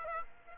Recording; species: mosquito wingbeat signal from an infrared sensor; Aedes aegypti